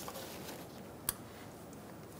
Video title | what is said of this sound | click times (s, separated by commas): How to Replace Knock Sensors 2014-2018 Chevrolet Silverado 1500 5.3L V8 | push until you hear a click | 1.1 s